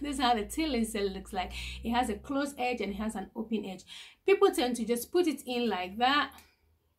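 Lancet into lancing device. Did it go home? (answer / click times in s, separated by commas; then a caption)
no / none. A woman talks while handling a new plastic lancet for an AgaMatrix lancing pen, getting ready to push it into the pen's holder until it clicks, before the protective top is pulled off. Only speech is heard; the lancet has not clicked or seated in the holder yet.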